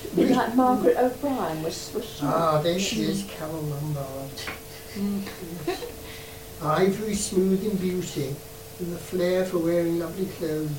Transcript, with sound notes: Bit like Margaret O'Brien.
Ah, there she is! Carole Lombard.
[laughs] Mhm.
"Ivory smooth in beauty, with a flair for wearing lovely clothes."